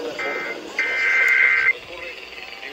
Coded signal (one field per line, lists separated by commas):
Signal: Emergency Alert System (SAME) tones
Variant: header bursts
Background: speech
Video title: [EAS #3042-#3048] San Diego County Required Monthly Test (7/03/24)